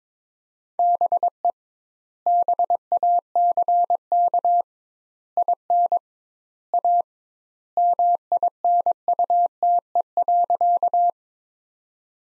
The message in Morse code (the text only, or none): BE BACK IN A MINUTE.